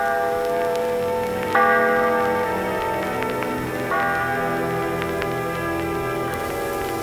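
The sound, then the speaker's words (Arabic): A church organ plays in a church scene of a stage play as a procession enters the church: sustained, full chords that hold steadily and shift to new harmonies twice, staying at an even, moderate loudness with no voices. “وعندما يخفت صوت الأورغن ينطلق فجأة الصوت المناقض للجاز من داخل الكباريه”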